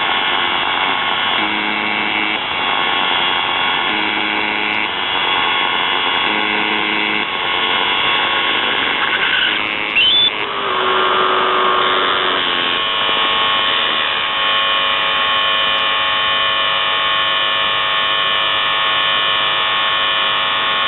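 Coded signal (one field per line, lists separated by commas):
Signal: channel marker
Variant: UVB-76 (The Buzzer)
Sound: harsh repeating buzz tones over shortwave static, with a brief rising whistle midway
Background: radio static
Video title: The Buzzer/UVB-76(4625Khz) May 8th, 2023 Voice messages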